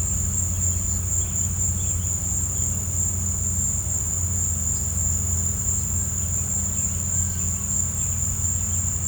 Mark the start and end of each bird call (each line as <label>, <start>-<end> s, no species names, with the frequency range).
bird call (2.2-3.7 kHz), 0.43-0.86 s
bird call (2.4-4.0 kHz), 1.17-1.41 s
bird call (2.4-3.7 kHz), 1.76-2.17 s